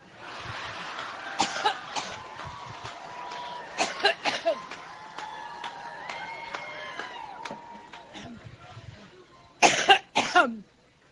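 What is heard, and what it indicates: Repeated sharp coughs and throat clearing come in clusters, about eight bursts in all, ending with two loud coughs. Crowd noise sits underneath. The pattern is a coughing fit that interrupts speech.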